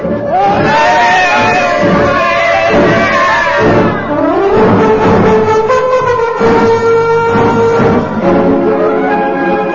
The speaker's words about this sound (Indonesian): Orang-orang Eskimo itu bersorak-sorak menyaksikan keberanian Hoka.